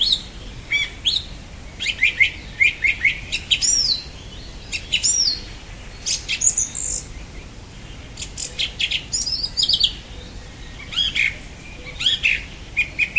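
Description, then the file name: Song thrush song, rapid sequences of clear whistles and downslurred notes with high chirps, phrases separated by brief gaps. "Golosa ptic - Pevchij drozd"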